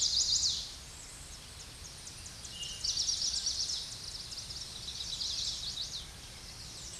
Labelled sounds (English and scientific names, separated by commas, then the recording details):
Eastern Towhee (Pipilo erythrophthalmus) song
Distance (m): 35 m
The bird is about 5 m above the microphone
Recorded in a Pennsylvania forest on 16 May 2024 at 07:41
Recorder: AudioMoth, point MSD-2320
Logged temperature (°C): 12.8 °C
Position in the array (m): 181 m, 181 m